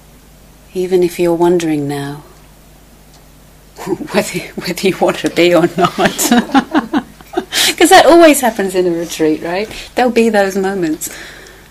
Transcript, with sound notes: even if you're wondering now whether you want to be or not ... [laughs] Because that always happens in a retreat, right? There'll be those moments,